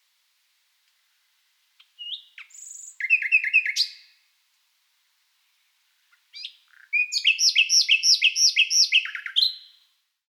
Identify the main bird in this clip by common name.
Common Nightingale